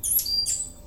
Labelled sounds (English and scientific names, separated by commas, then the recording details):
Stitchbird (Notiomystis cincta) song
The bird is a male
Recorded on Tiritiri Matangi Island, New Zealand, in 2005
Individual 11, of nest box 13